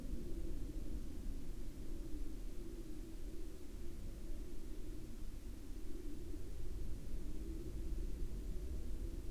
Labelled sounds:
aircraft
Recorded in the Arctic National Wildlife Refuge, Alaska, on 11 May 2019 at 22:50
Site 37

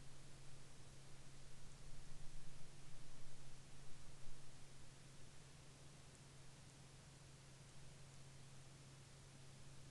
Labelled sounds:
near silence
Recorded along the Dempster Highway, Canada, on 8 May 2019 at 22:00
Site 20

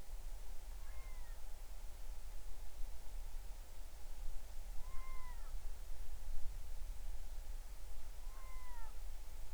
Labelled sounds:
bird
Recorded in the Arctic National Wildlife Refuge, Alaska, on 20 July 2019 at 02:59
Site 38

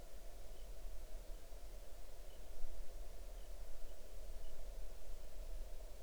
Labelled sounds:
bird
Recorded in the Arctic National Wildlife Refuge, Alaska, on 6 July 2019 at 00:27
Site 39

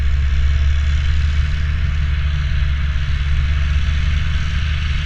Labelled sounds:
truck
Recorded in the Prudhoe Bay oil fields, Alaska, on 29 July 2019 at 01:02
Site 29

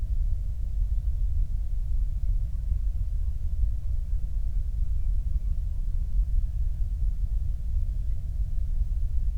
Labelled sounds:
flare stack
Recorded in the Prudhoe Bay oil fields, Alaska, on 8 July 2019 at 06:14
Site 25

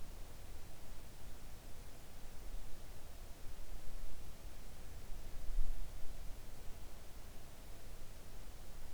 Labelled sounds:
near silence
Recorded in the Arctic National Wildlife Refuge, Alaska, on 3 August 2019 at 05:26
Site 41

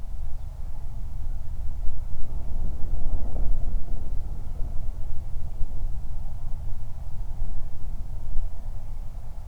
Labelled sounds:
wind
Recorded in the Prudhoe Bay oil fields, Alaska, on 31 July 2019 at 07:31
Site 24

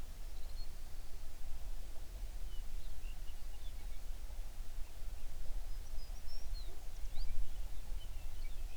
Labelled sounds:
songbird
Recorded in the Prudhoe Bay oil fields, Alaska, on 11 June 2019 at 05:19
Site 21

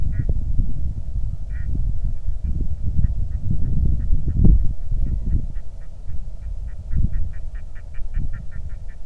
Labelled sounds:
waterfowl
wind
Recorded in the Arctic National Wildlife Refuge, Alaska, on 3 August 2019 at 10:11
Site 46

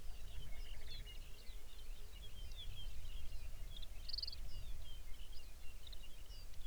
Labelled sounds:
songbird
waterfowl
shorebird
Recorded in the Arctic National Wildlife Refuge, Alaska, on 23 May 2019 at 05:23
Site 49

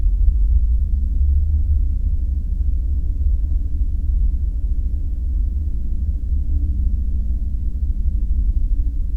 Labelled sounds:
flare stack
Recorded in the Prudhoe Bay oil fields, Alaska, on 5 September 2019 at 00:32
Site 14

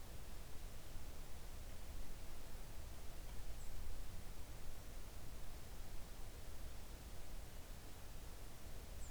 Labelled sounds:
songbird
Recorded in the Arctic National Wildlife Refuge, Alaska, on 3 August 2019 at 06:02
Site 41

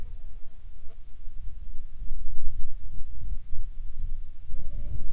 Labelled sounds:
wind
insects
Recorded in the Arctic National Wildlife Refuge, Alaska, on 7 July 2019 at 18:54
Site 41

